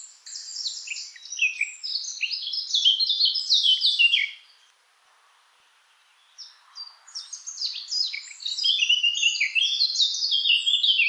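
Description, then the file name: Eurasian blackcap giving two long bursts of busy, high warbling separated by about two seconds of near silence. "Sylvia atricapilla"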